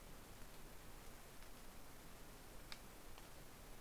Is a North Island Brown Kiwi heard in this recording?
no